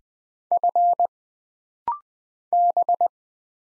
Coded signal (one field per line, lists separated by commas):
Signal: Morse code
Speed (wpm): 20 wpm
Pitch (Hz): 700 Hz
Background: none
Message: F B